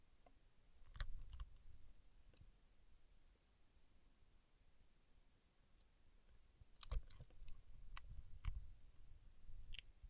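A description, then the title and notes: Paraffin wax being handled: crisp crackles and snaps from peeling and tapping come in short clusters near one second, around seven to eight and a half seconds, and again near ten. Between them it falls to a quiet, soft low rustle. ASMR Paraffin Wax Peeling, Tapping and Scratching (No Talking).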